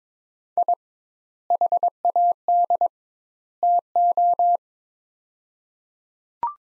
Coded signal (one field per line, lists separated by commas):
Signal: Morse code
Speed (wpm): 22 wpm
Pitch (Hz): 700 Hz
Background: none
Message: I HAD TO